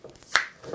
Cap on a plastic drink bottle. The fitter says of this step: крышечка щелкнуло это хороший знак